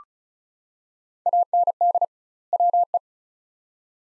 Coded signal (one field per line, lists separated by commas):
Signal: Morse code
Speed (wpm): 34 wpm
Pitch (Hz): 700 Hz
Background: none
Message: AND WE